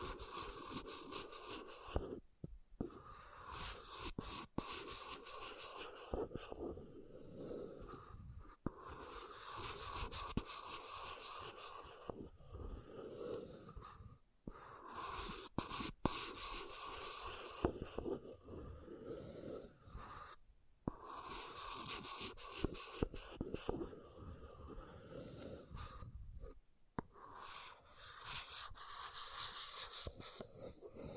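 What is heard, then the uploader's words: An object is scratched in long, rough strokes that run almost continuously, with a gritty, hissing texture reaching into the high end. Brief silent gaps break the scraping around 2, 8, 14, 20 and 27 seconds, and each new pass starts again at similar loudness. ASMR Brain Melting Object Scratching (No Talking).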